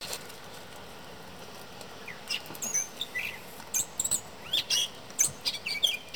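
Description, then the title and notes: Bird starts after about two seconds of quiet hiss, then sings a series of varied high chirps and short whistled slurs. Male singing at a front porch every morning in summer; absent in winter. "The bird in my front porch (field recording). a mockingbird-type bird that sings in my front porch every morning in the summer"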